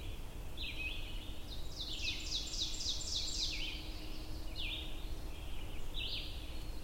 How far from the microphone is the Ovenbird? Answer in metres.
about 55 m